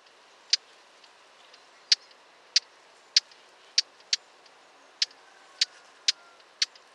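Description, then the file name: Eurasian blackcap giving sharp, hard 'tak' clicks, about ten single ticks at uneven intervals across several seconds, over a soft background hiss. "Sylvia atricapilla"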